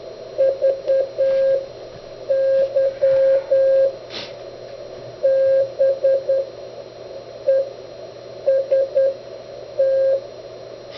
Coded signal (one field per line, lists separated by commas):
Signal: Morse code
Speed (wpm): 9 wpm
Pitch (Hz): 540 Hz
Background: radio noise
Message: VY BEST